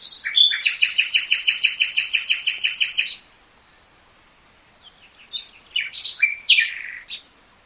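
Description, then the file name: Common nightingale song: a fast run of many loud, evenly repeated high notes, a pause, then a jumbled burst of varied chirps and whistles. "Luscinia megarhynchos"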